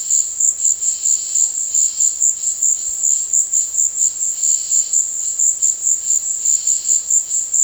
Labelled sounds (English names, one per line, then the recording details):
none
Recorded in dense forest near Puerto Asís, Putumayo, Colombia, on 20 February 2024 at 16:30
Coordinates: 0.485, -76.325
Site G6429